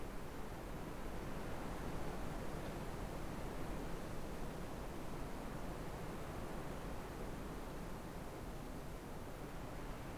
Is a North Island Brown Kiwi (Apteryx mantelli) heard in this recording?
no